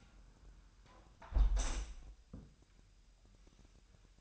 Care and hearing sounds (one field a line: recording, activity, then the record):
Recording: daily activity, microphone in the room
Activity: close window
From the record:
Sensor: 2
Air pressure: 1000.0 hPa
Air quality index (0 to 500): 236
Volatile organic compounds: 72 ppm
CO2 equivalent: 3533 ppm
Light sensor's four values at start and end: 8/20/8/8 and 8/20/8/8